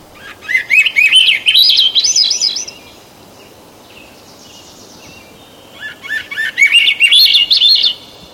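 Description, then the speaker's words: Swainson's thrush singing: a fluty phrase of repeated rolling notes climbing steadily higher, then a pause and a second upward-spiraling phrase. Melodious, spiraling, flute-like song heard in late spring in the evergreen forests of the Puget Lowlands, where the species arrives in mid-May. "Listen quietly in late spring in the evergreen forests of the Puget Lowlands, and you're likely to hear the melodious, spiraling song of the Swainson's thrush."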